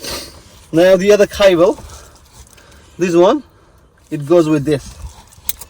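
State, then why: Seated. A charger cable connector for a 15W fast wireless charger being installed in a 2021 Toyota Hilux is pushed into its matching harness connector while someone talks. A loud, short click at 5.5 s marks the second cable connector seating, confirming the connection is made.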